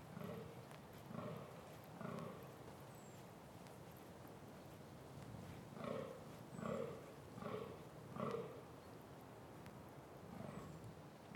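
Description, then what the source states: Deer giving hoarse, grunting roars at irregular intervals, a run early on and a louder cluster later. Deer roaring during the mating season.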